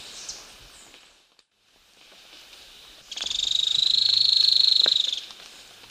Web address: Natures Songs S America Eastern Lowlands. Xenops milleri, song